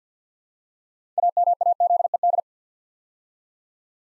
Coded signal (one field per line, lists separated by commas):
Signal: Morse code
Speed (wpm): 50 wpm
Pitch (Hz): 700 Hz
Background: none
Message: AMAZED